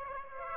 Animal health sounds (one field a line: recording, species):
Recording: mosquito wingbeat signal from an infrared sensor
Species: Aedes aegypti